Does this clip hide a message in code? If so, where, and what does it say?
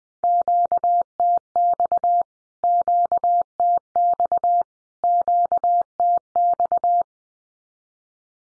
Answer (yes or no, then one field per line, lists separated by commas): yes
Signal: Morse code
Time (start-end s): 0.2-7.0 s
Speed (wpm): 20 wpm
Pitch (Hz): 700 Hz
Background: none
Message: QTX QTX QTX